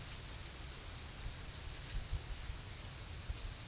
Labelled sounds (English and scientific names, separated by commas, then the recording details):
none
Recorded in secondary vegetation near Puerto Asís, Putumayo, Colombia, on 22 December 2024 at 14:30
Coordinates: 0.499, -76.323
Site G010